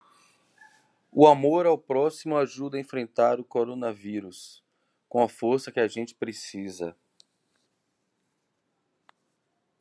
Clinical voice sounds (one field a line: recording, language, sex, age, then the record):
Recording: spoken sentence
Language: Brazilian Portuguese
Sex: male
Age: 40 to 49 years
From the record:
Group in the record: control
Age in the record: 48 years